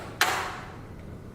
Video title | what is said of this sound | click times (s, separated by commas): NAVI Tutorial General Introduction | the pro is locked | 0.2 s